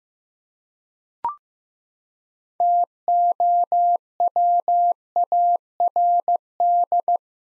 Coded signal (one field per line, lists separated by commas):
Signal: Morse code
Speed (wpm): 15 wpm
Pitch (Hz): 700 Hz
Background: none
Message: TOWARD